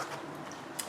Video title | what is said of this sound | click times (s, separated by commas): How To Fix No Brake Lights | and we'll push it in and it locks in place all right um so | 0.8 s